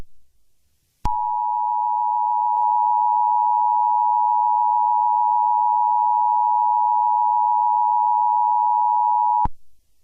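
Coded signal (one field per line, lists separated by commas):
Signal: Emergency Alert System (SAME) tones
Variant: 853 and 960 Hz attention tone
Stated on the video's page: EAS tones used as a sound effect, possibly valid or invalid, in a podcast about fictional EAS scenarios.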